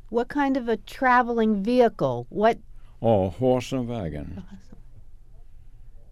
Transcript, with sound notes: What kind of a traveling vehicle? What-
Oh, horse and wagon.
[softly] A horse and wagon.